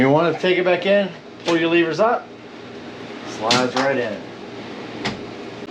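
Someone talks while pulling up the release levers on a slide-out cargo tray in the cargo area of a 2023 Subaru Outback SUV and sliding the rear tray back in toward its locked, stowed position. The clip ends before the tray goes home, so nothing has seated or clicked yet.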